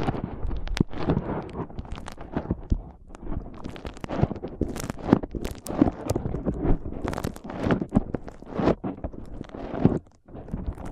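Foam is squeezed and rubbed in a dense, steady run of crackling, crunchy scratches, with sharp clicks scattered throughout and a brief pause near ten seconds.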